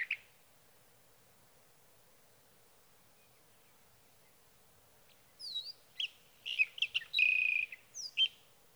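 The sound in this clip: Sage Thrasher: a lone note, a long quiet pause, then a burst of high warbled phrases and sharp slurred whistles near the end.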